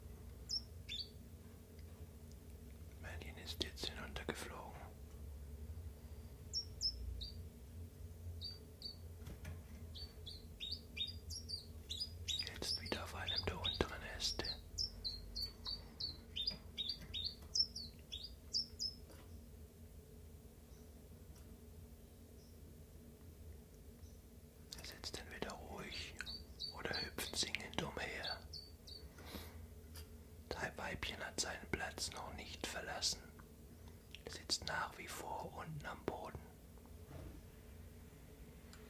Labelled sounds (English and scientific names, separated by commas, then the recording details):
Common Chiffchaff (Phylloscopus collybita)
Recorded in captivity
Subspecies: collybita
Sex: male
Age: adult
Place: Zoologisches Institut Universität Tübingen, Baden-Württemberg, DE
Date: 1963-03-05
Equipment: LGS26
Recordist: Schneider, Hans-Joachim
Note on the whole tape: Rivalengesänge. Versuchsanordnung: Doppelkäfig mit undurchsichtiger Trennwand: ein Paar (Männchen: blau gelb/gelb, Weibchen: blau gelb/grün) und benachbart ein Weibchen (blau rot/grün). Auf dieser Audiodatei auch Aufnahmen vom 6 März ebenfalls vormittags